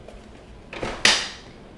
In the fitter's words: but the scooter basically goes down pretty simply you hear it latches shut